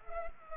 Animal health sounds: mosquito wingbeat signal from an infrared sensor; Culex pipiens

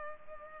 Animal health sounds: mosquito wingbeat signal from an infrared sensor; Culex pipiens

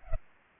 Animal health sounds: mosquito wingbeat signal from an infrared sensor; Culex pipiens

